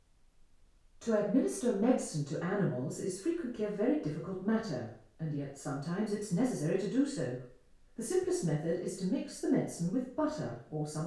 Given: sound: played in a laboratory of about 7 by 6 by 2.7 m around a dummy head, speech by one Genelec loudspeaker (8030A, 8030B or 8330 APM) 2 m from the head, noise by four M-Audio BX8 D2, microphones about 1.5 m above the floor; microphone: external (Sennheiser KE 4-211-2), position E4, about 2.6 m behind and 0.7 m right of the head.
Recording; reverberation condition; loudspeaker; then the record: female speech in English; medium; 150 degrees to the left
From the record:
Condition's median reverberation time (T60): about 510 ms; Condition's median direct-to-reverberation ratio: about -0.5 dB